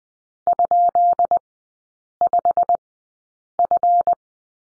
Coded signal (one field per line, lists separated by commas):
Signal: Morse code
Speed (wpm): 20 wpm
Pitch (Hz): 700 Hz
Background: none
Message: ?5F